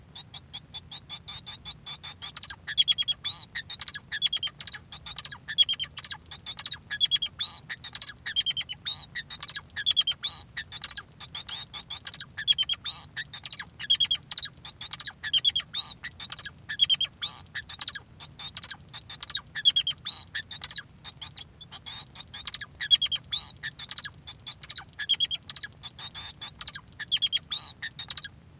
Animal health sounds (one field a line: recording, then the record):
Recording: song of a male Bengalese finch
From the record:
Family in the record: son of father 2